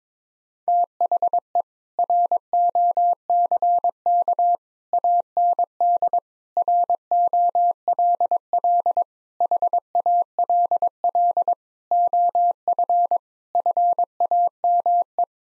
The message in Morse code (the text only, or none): THE ROCK AND ROLL HALL OF FAME